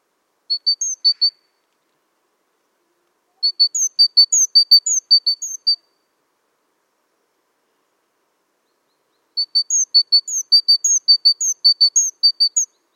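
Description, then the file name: Great tit giving three separate bursts of quick, high, clear notes, pairs mixed with higher slurred notes, with silent gaps of a few seconds between them. "Parus major"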